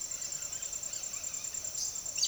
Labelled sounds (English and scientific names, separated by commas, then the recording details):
Red-bellied Macaw (Orthopsittaca manilatus), Silver-beaked Tanager (Ramphocelus carbo), Chestnut-eared Aracari (Pteroglossus castanotis)
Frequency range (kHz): Silver-beaked Tanager (Ramphocelus carbo) 3.5-8.2 kHz; Chestnut-eared Aracari (Pteroglossus castanotis) 2.4-10.1 kHz
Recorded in secondary vegetation near Puerto Asís, Putumayo, Colombia, on 23 June 2025 at 06:00
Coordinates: 0.489, -76.322
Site G021